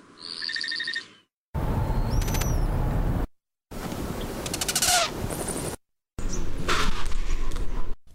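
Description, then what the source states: Hummingbird courtship dive sounds: four short separate bursts of thin, high chirps, whistled sweeps and buzzy tones, each cut off by silence, over low rumbling background. Males of four hummingbird species performing courtship dives as a mating display; sounds made with tail feathers and wings, one also with its mouth.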